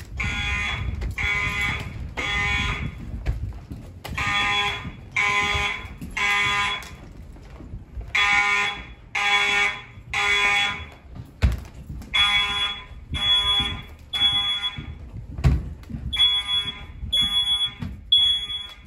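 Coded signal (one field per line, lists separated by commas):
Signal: alarm pattern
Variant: mechanical fire alarm horns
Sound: harsh buzzing horn blasts in repeated groups of 3 with pauses, five groups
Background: indoor echo, low rumble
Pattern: temporal three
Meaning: Temporal-three fire alarm signal to evacuate the building (here a test)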